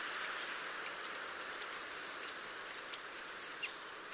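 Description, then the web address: Bird giving a rapid string of high, thin, piercing notes that grow louder and more insistent over three seconds before stopping abruptly. "birddata Deverinetal 2025"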